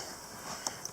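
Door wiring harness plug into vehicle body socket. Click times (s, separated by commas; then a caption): 0.7 s. A Jeep door wiring harness plug slides into its socket on the vehicle body and clicks home at 0.7 s, with a fainter tick at 0.9 s over a low background hiss. The connector is seated and the lights come on.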